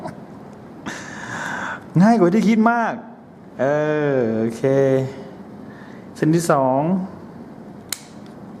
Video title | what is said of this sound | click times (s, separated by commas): วิธีอัพเกรด แรม Macbook pro mid2012 จาก 4GB เป็น 16GB (ภาษาไทย) | ได้ยินเสียงดังแก๊บใช่มั้ยครับอ่าโอเค | 7.9 s